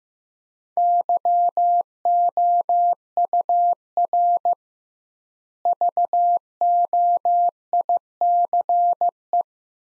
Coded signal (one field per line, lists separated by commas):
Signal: Morse code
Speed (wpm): 15 wpm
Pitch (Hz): 700 Hz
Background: none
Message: YOUR VOICE